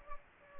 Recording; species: mosquito wingbeat signal from an infrared sensor; Anopheles gambiae